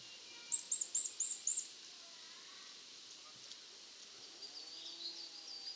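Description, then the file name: Eurasian nuthatch giving five high, sharp repeated notes in quick succession at the start, followed by quieter faint bird sounds and low background noise. "Sitta europaea"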